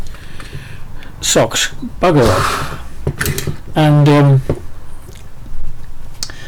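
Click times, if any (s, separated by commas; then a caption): 6.2 s. Someone talks while a 3D-printed plastic splash guard is pressed into the lid of an RC race mark, with a brief steady tone around 3.8–4.5 s. A single sharp, loud snap is heard at 6.2 s as the guard seats in place, left unglued so it can be removed later, though it still needs some trimming.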